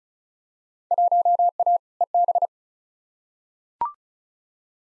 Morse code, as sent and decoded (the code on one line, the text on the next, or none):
.---- .- / . -...
1A EB